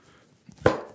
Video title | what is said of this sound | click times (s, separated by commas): Durkee Quilt Border Frame Hoops For Baby Lock and Brother Machines - SewingMachinesPlus.com | that's popped into place beautifully | 0.7 s